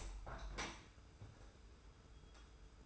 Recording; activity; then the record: daily activity, microphone in the room; open window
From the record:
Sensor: 2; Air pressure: 991.1 hPa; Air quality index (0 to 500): 134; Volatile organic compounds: 179 ppm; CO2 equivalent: 4141 ppm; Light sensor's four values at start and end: 37/109/43/41 and 37/109/43/41